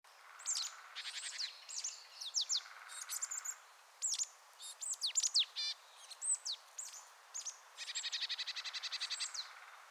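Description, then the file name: Marsh tit giving crisp downslurred high notes and buzzy runs, ending in a longer series of rapid nasal notes. "Poecile palustris"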